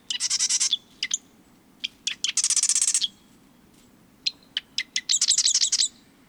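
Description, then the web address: Marsh Wren song: a few dry, buzzy rattling trills, each under a second, separated by sharp single clicks, over a faint low background hum. "BIRD NOTE. Marsh Wrens"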